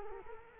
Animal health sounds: mosquito wingbeat signal from an infrared sensor; Culex quinquefasciatus

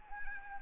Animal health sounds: mosquito wingbeat signal from an infrared sensor; Anopheles arabiensis

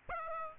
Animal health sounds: mosquito wingbeat signal from an infrared sensor; Aedes albopictus

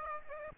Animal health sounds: mosquito wingbeat signal from an infrared sensor; Aedes aegypti

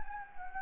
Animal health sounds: mosquito wingbeat signal from an infrared sensor; Anopheles gambiae

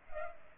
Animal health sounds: mosquito wingbeat signal from an infrared sensor; Culex pipiens

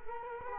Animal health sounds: mosquito wingbeat signal from an infrared sensor; Culex quinquefasciatus

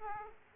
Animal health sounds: mosquito wingbeat signal from an infrared sensor; Aedes aegypti

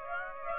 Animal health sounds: mosquito wingbeat signal from an infrared sensor; Aedes aegypti

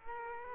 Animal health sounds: mosquito wingbeat signal from an infrared sensor; Culex quinquefasciatus

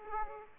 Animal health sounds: mosquito wingbeat signal from an infrared sensor; Aedes aegypti

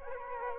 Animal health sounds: mosquito wingbeat signal from an infrared sensor; Aedes aegypti

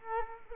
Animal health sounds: mosquito wingbeat signal from an infrared sensor; Culex quinquefasciatus

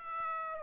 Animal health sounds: mosquito wingbeat signal from an infrared sensor; Aedes aegypti

